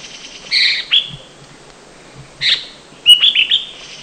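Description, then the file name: Chestnut bulbul calls: a few short, harsh chirps followed by a quick run of clear whistled notes. Subspecies canipennis, recorded at Da Yao Shan, Guangxi, China. "Chestnut Bulbul Ssp Canipennis Call Guangxi Da Yoa Shan"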